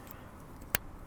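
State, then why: Seated. A solar panel cable connector with its locking pin is pushed into its mating connector. A single sharp click at 0.8 s stands out clearly above a steady low background hum. The connector is seated and clicked home.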